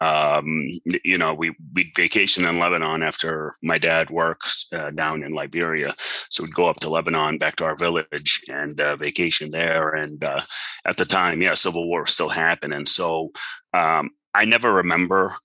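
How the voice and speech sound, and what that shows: A low-pitched adult man speaks fluently and conversationally, using ordinary fillers and one word repeat; speech is normal.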